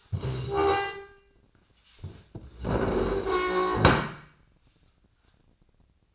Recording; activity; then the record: daily activity, microphone in the room; stand up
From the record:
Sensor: 2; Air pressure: 1012.2 hPa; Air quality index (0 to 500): 166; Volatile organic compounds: 2 ppm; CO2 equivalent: 1213 ppm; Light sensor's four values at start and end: 52/127/56/64 and 73/165/77/95